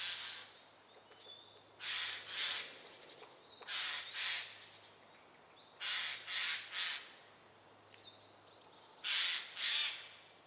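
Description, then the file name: Eurasian jay giving harsh, rasping screeches, mostly in pairs, in several bouts throughout, with thin high whistles of other small birds in the background. "Garrulus glandarius"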